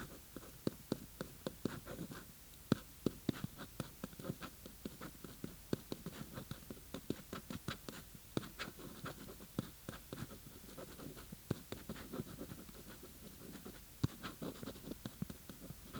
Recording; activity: daily activity, guitar pickup as the sensor; write